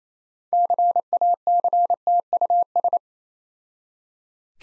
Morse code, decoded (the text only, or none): CACTUS